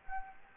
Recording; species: mosquito wingbeat signal from an infrared sensor; Anopheles gambiae